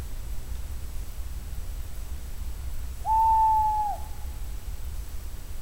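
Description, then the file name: Tawny owl hoot: one long, steady, slightly wavering note held for about a second, with a low background rumble. Male tawny owl song. "canto verso maschio allocco strix aluco tawny owl waldkauz carabo comun chouette hulotte"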